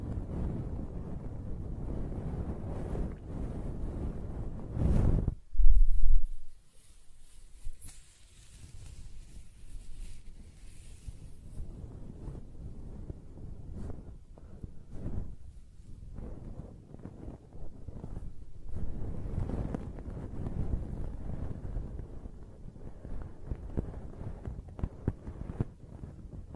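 Close-up hair sounds: soft, low rustling as fingers stroke and scratch through hair, coming in uneven strokes. A loud, dull rubbing burst hits around five seconds, then the brushing turns quieter and sparser before building into denser scratching near twenty seconds.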